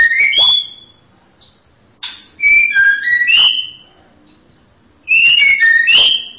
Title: Kicau Murai Batu